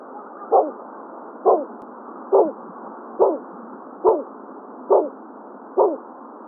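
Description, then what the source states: Bulwer's petrel giving seven low, dog-like woofing calls, evenly spaced a little under a second apart, with background hiss throughout. Recorded on Maui, Hawaii, in August 2026.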